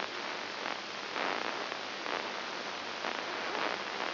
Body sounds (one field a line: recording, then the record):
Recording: brain microelectrode recording played as sound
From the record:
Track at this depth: inside the subthalamic nucleus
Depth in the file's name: 6.301 mm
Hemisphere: left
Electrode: 2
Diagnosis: Parkinson's disease